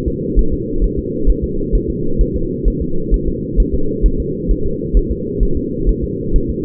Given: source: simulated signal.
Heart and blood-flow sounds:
fetal heart sounds
0.08 s: S2
0.39 s: S1
0.53 s: S2
0.84 s: S1
0.99 s: S2
1.30 s: S1
1.44 s: S2
1.75 s: S1
1.90 s: S2
2.21 s: S1
2.36 s: S2
2.68 s: S1
2.82 s: S2
3.14 s: S1
3.28 s: S2
3.60 s: S1
3.74 s: S2
4.06 s: S1
4.20 s: S2
4.51 s: S1
4.66 s: S2
4.97 s: S1
5.11 s: S2
5.43 s: S1
5.57 s: S2
5.89 s: S1
6.04 s: S2
6.36 s: S1
6.50 s: S2
From the record:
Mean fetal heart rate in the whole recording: 130 bpm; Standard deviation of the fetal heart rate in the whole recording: 2 bpm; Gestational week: 36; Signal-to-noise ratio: -8.1 dB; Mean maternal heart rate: 72 bpm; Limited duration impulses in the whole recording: absent

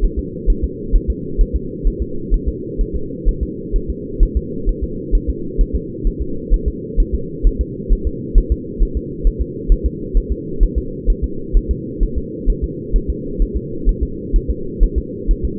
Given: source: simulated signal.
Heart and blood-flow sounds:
fetal heart sounds
0.05 s: S1
0.19 s: S2
0.50 s: S1
0.64 s: S2
0.95 s: S1
1.10 s: S2
1.41 s: S1
1.56 s: S2
1.87 s: S1
2.02 s: S2
2.34 s: S1
2.48 s: S2
2.81 s: S1
2.96 s: S2
3.29 s: S1
3.43 s: S2
3.76 s: S1
3.90 s: S2
4.23 s: S1
4.37 s: S2
4.69 s: S1
4.83 s: S2
5.15 s: S1
5.30 s: S2
5.61 s: S1
5.75 s: S2
6.07 s: S1
6.22 s: S2
6.54 s: S1
6.68 s: S2
7.00 s: S1
7.14 s: S2
7.47 s: S1
7.61 s: S2
7.93 s: S1
8.07 s: S2
8.38 s: S1
8.52 s: S2
8.83 s: S1
8.97 s: S2
9.27 s: S1
9.41 s: S2
9.72 s: S1
9.86 s: S2
10.17 s: S1
10.32 s: S2
10.63 s: S1
10.78 s: S2
11.10 s: S1
11.24 s: S2
11.57 s: S1
11.71 s: S2
12.03 s: S1
12.18 s: S2
12.50 s: S1
12.64 s: S2
12.96 s: S1
13.10 s: S2
13.42 s: S1
13.57 s: S2
13.89 s: S1
14.03 s: S2
14.36 s: S1
14.50 s: S2
14.83 s: S1
14.98 s: S2
15.31 s: S1
15.45 s: S2
From the record:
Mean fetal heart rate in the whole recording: 130 bpm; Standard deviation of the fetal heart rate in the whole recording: 2 bpm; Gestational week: 38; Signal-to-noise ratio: -4.3 dB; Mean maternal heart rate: 72 bpm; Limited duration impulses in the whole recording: absent

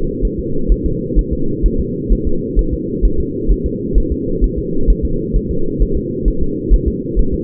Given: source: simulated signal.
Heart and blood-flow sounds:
fetal heart sounds
0.25 s: S1
0.40 s: S2
0.72 s: S1
0.86 s: S2
1.19 s: S1
1.33 s: S2
1.66 s: S1
1.80 s: S2
2.12 s: S1
2.27 s: S2
2.59 s: S1
2.74 s: S2
3.05 s: S1
3.20 s: S2
3.51 s: S1
3.66 s: S2
3.98 s: S1
4.12 s: S2
4.44 s: S1
4.59 s: S2
4.90 s: S1
5.05 s: S2
5.36 s: S1
5.51 s: S2
5.82 s: S1
5.97 s: S2
6.28 s: S1
6.43 s: S2
6.74 s: S1
6.88 s: S2
7.19 s: S1
7.34 s: S2
From the record:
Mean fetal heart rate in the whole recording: 130 bpm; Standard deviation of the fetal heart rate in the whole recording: 2 bpm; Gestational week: 36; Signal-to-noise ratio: -8.1 dB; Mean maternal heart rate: 72 bpm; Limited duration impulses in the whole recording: absent

